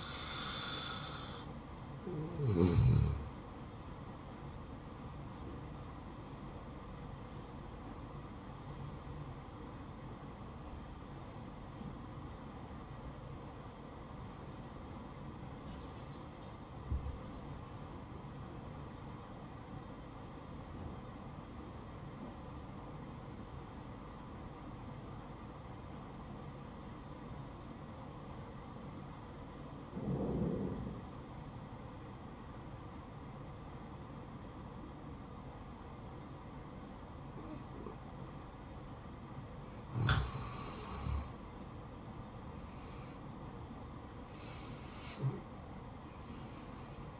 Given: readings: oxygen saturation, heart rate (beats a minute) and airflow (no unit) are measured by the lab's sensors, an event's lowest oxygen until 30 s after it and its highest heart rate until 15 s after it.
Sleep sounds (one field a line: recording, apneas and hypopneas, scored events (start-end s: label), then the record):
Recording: breathing in sleep by a smartphone at the bedside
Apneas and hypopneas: 1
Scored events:
8.00-41.80 s: obstructive apnea (N1, oxygen 96% highest, then 85% lowest, heart rate 67 at the start, 72 highest)
16.00-46.00 s: new sleep stage, N2 (light sleep)
46.00-47.20 s: new sleep stage, N1 (lightest sleep)
From the record:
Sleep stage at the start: N1 (lightest sleep)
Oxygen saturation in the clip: 84 to 96%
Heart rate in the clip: 60 to 71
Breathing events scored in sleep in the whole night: 573 in 9.8 hours asleep